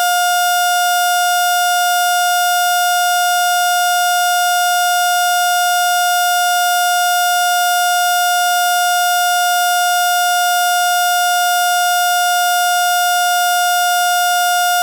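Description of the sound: A heart monitor's flatline: a continuous, unbroken high-pitched tone with no beeping, holding steady throughout.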